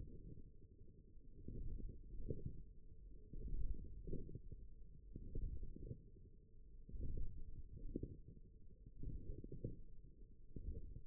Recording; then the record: forearm muscle sounds (acoustic myography)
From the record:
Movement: radial deviation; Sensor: system 1, eight BSWA MPA416 microphones around the upper forearm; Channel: 3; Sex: male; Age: 54 years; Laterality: right